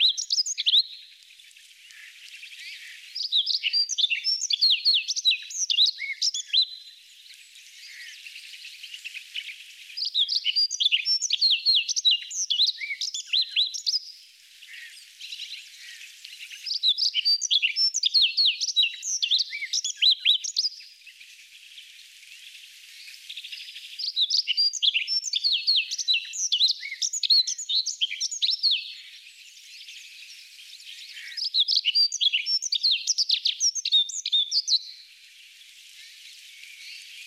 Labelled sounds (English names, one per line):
Himalayan Rubythroat song